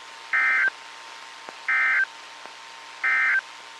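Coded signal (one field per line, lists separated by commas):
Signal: Emergency Alert System (SAME) tones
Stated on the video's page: Ohio severe weather EAS alerts, including a tornado warning, from NOAA Weather Radio transmitter in Grafton, Ohio.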